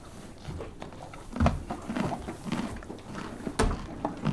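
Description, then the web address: Horse crunching food, irregular loud crunches and chomps mixed with shifting, knocking movement noises. One horse eating a carrot and moving. "BBC Sound Effects Library. One horse eating carrot"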